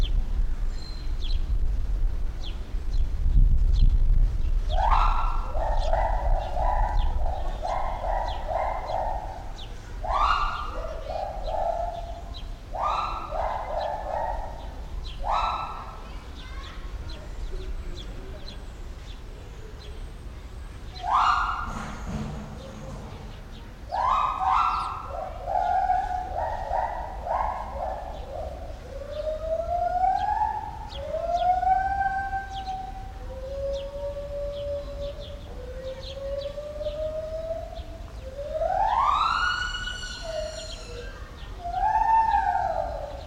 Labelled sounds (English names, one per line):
Pileated Gibbon